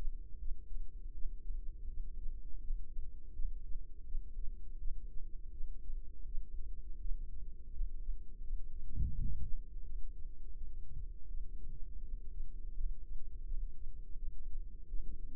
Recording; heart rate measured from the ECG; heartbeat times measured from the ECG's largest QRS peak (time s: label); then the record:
heart sounds by microphone in the right ear; 83 bpm
0.39 s: heartbeat
1.14 s: heartbeat
1.88 s: heartbeat
2.62 s: heartbeat
3.34 s: heartbeat
4.06 s: heartbeat
4.79 s: heartbeat
5.52 s: heartbeat
6.26 s: heartbeat
7.00 s: heartbeat
7.72 s: heartbeat
8.42 s: heartbeat
9.13 s: heartbeat
9.84 s: heartbeat
10.55 s: heartbeat
11.29 s: heartbeat
12.03 s: heartbeat
12.75 s: heartbeat
13.46 s: heartbeat
14.16 s: heartbeat
14.88 s: heartbeat
From the record:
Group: healthy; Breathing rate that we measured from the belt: 12 breaths a minute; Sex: female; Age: 51 years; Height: 162 cm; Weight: 70.04 kg